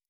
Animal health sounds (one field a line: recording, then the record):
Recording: hydrophone in a shrimp aquaculture tank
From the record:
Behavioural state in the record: normal